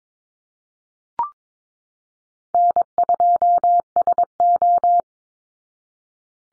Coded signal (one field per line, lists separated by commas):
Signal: Morse code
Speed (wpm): 22 wpm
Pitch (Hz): 700 Hz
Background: none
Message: N2SO